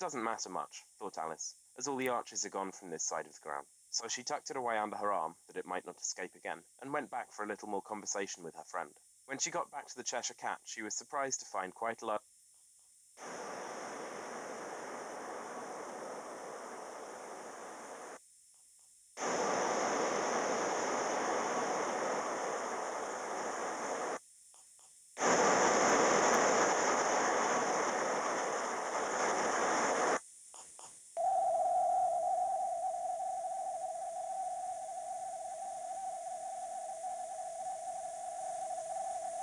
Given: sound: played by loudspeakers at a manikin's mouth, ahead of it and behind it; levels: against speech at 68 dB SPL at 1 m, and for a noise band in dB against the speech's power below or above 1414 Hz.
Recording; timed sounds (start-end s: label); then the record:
test signals for a remote microphone
0.00-12.17 s: man speaking
13.17-18.17 s: speech-spectrum noise, -10 dB
19.17-24.17 s: speech-spectrum noise, 0 dB
25.17-30.17 s: speech-spectrum noise, +10 dB
31.17-39.43 s: noise band at 707 Hz, as loud as that band is in speech
From the record:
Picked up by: remote microphone D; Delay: 24 ms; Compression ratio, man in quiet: 1.31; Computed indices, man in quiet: SII 0.994, HASPI 0.998, HASQI 0.363 (non-linear 0.417, linear 0.872), ESTOI 0.824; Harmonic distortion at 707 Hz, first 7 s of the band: under -32 dB